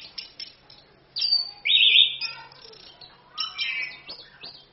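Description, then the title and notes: Orange-headed thrush song: a few thin chirps, then loud drawn-out rasping whistles and a mellow warble, over a low steady hum. Full continuous song (gacor, ngerol); a masteran tutor song used as a pancingan lure to prompt other birds to sing. "ANIS KEMBANG GACOR, ANIS KEMBANG NGEROL, PANCINGAN ANIS KEMBANG BIAR BUNYI. Masteran Anis Kembang"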